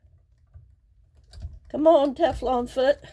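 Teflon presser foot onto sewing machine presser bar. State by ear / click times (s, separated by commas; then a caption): not seated / none. A Teflon presser foot is being lined up with the presser bar of a sewing machine before it is pushed home. Faint low handling sounds are heard, with a small sudden tap near 1.3 seconds, and then someone talks. The foot has not snapped on yet.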